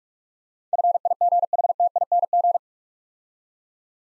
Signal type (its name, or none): Morse code